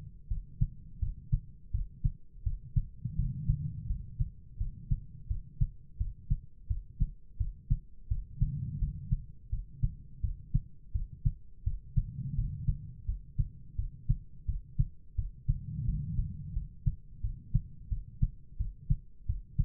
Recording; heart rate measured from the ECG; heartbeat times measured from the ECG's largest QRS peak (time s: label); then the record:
heart sounds by stethoscope; 85 bpm
0.27 s: heartbeat
0.98 s: heartbeat
1.70 s: heartbeat
2.42 s: heartbeat
3.15 s: heartbeat
3.86 s: heartbeat
4.57 s: heartbeat
5.27 s: heartbeat
5.97 s: heartbeat
6.66 s: heartbeat
7.36 s: heartbeat
8.07 s: heartbeat
8.78 s: heartbeat
9.49 s: heartbeat
10.20 s: heartbeat
10.91 s: heartbeat
11.63 s: heartbeat
12.34 s: heartbeat
13.05 s: heartbeat
13.75 s: heartbeat
14.45 s: heartbeat
15.14 s: heartbeat
15.84 s: heartbeat
16.52 s: heartbeat
17.20 s: heartbeat
17.88 s: heartbeat
18.56 s: heartbeat
19.25 s: heartbeat
From the record:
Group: healthy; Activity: rest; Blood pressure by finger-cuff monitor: 92/57 mmHg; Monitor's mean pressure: 72 mmHg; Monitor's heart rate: 85 bpm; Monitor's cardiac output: 6.6 L/min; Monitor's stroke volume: 77 mL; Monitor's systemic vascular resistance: 790 dyn s/cm5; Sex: female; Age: 43 years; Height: 160 cm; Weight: 90 kg